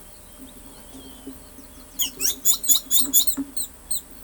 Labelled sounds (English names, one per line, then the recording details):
Carib Grackle
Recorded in pastures near Pivijay, Magdalena, Colombia, on 5 June 2023 at 09:30
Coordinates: 10.456, -74.369
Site P6-G026